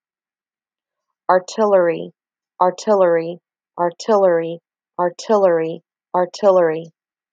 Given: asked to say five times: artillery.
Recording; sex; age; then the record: repeated word; female; 50 to 59 years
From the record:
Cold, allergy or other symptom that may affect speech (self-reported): no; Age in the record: 57 years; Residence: Florida, United States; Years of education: 18